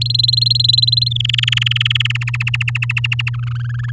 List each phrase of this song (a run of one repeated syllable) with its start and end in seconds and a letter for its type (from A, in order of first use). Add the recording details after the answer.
0.01-1.09 A, 1.11-2.17 B, 2.21-3.30 C, 3.34-3.91 D. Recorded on 10 May 2018 at 14:01. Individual llb16